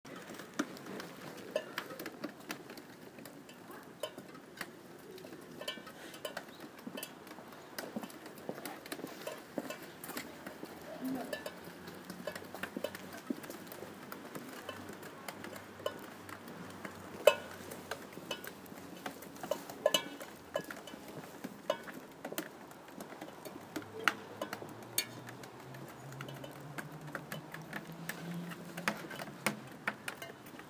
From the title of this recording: Rain drops project at Zehdenicker Str.